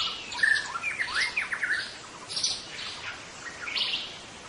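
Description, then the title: White-rumped shama song opening with a clear pure whistle, then rising and falling slurred notes and a few high buzzy bursts. White-rumped shama, called murai batu hutan, singing in forest. "Suara burung murai batu hutan"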